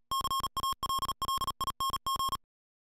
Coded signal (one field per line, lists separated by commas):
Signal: Morse code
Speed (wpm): 38 wpm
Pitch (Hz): 1080 Hz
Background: music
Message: CALLING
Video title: Universal Radio presents the Yaesu FTM-3200DR